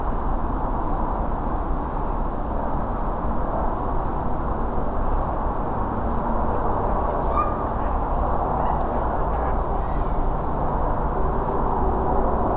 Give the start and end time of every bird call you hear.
[5.04, 5.37] Redwing (6.0-8.5 kHz)

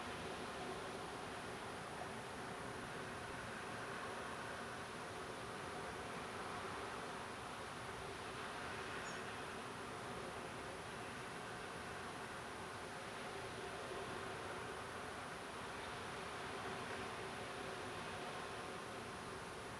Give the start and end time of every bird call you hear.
[9.04, 9.19] European Pied Flycatcher (5.2-7.4 kHz)

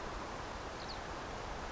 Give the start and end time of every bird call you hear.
[0.79, 0.96] Eurasian Skylark (3.6-6.3 kHz)

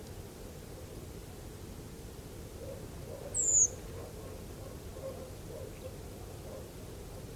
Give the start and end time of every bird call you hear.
[3.32, 3.69] Redwing (5.7-9.1 kHz)

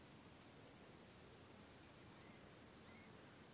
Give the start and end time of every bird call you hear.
[2.15, 2.40] Little Grebe (1.8-4.4 kHz)
[2.86, 3.08] Little Grebe (1.7-4.5 kHz)

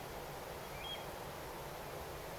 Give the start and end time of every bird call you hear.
[0.73, 0.98] Eurasian Stone-curlew (2.1-3.5 kHz)

